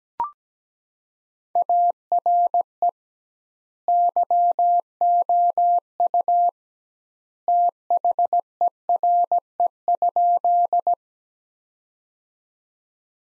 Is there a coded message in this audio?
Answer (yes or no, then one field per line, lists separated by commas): yes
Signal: Morse code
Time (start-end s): 1.6-10.9 s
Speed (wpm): 17 wpm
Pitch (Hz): 700 Hz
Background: none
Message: ARE YOU THERE?